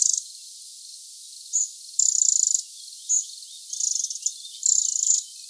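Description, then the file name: Eurasian wren giving high, dry rattling calls in short bursts, with brief single ticks between longer churring rattles over about five seconds. "Troglodytes troglodytes"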